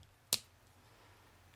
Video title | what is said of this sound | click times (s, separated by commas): Video Review of the Transformers Prime; Deluxe Starscream | till you hear a little tiny click you will hear a click | 0.3 s